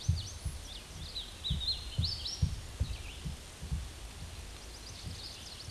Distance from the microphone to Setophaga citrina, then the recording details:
about 50 m. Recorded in a Pennsylvania forest on 18 May 2023 at 13:58. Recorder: AudioMoth, point grid1_12_low. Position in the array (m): 156 m, 159 m